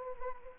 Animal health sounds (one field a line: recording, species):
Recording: mosquito wingbeat signal from an infrared sensor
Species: Anopheles gambiae